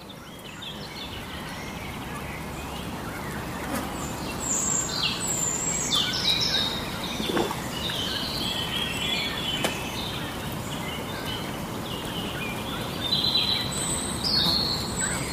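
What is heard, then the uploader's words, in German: Outdoors by a pond on a walk, a steady low rumble of wind and noise fills the background throughout. Birds chirp and call repeatedly in bright, short bursts from about four seconds on, with a few sharp clicks along the way. Ein Soundwalk am Ludwigsteich bei Roßdorf. Genauer gesagt handelt es sich um den Ludwigsteich bei Roßdorf, der an einem warmen Tag die Leichtigkeit des Sommers verkörpert.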